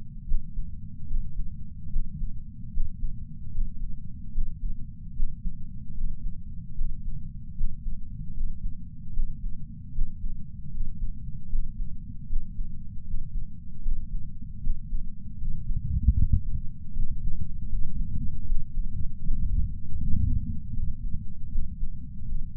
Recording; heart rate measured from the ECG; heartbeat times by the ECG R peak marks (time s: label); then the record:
heart sounds by patch sensor on the chest; 76 bpm
0.26 s: heartbeat
1.07 s: heartbeat
1.90 s: heartbeat
2.71 s: heartbeat
3.51 s: heartbeat
4.32 s: heartbeat
5.14 s: heartbeat
5.94 s: heartbeat
6.75 s: heartbeat
7.55 s: heartbeat
8.34 s: heartbeat
9.13 s: heartbeat
9.92 s: heartbeat
10.71 s: heartbeat
11.49 s: heartbeat
12.27 s: heartbeat
13.04 s: heartbeat
13.82 s: heartbeat
14.61 s: heartbeat
15.38 s: heartbeat
16.15 s: heartbeat
16.93 s: heartbeat
17.69 s: heartbeat
18.46 s: heartbeat
19.22 s: heartbeat
19.98 s: heartbeat
20.73 s: heartbeat
21.49 s: heartbeat
22.25 s: heartbeat
From the record:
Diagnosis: coronary artery disease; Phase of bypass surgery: preoperative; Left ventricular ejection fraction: 66.3%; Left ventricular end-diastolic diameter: 44 mm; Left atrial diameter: 34 mm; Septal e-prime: 5.3 cm/s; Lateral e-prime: 9.3 cm/s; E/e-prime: 13.2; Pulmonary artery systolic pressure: 31 mmHg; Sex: male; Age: 76 years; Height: 164 cm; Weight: 75 kg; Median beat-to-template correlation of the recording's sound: 0.83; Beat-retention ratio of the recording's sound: 0.97